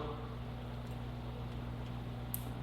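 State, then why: Seated. A plastic scotch-lock tap connector is squeezed shut over a wire in the wiring harness of a 2013 project bike, against a steady low hum. A single sharp click at 2.3 s confirms the connector has seated.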